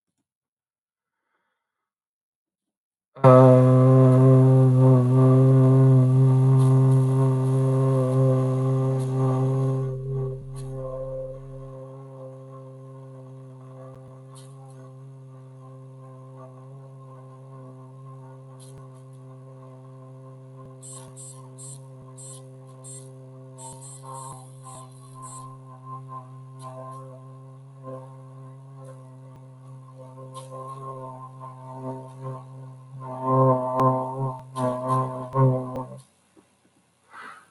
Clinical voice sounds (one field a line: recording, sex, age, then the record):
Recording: vowel held as long as possible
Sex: male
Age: 30 to 39 years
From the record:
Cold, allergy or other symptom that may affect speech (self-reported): no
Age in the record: 35 years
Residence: California, United States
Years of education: 24